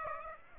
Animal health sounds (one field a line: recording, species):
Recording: mosquito wingbeat signal from an infrared sensor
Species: Aedes aegypti